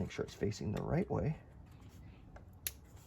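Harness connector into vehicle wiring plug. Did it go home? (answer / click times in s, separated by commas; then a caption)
yes / 2.7 s. A TCM Motorsports tune harness connector for a 2.0L Alfa Romeo Giulia is turned to face the right way and pushed into the vehicle's wiring plug while someone talks. A faint tick comes at 2.4 s, and the connector seats with one sharp click at 2.7 s, confirmed as snapping home.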